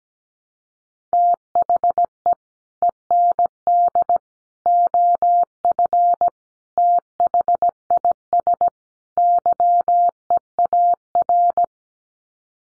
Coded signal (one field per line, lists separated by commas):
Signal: Morse code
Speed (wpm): 17 wpm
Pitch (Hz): 700 Hz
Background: none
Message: THE END OF THIS YEAR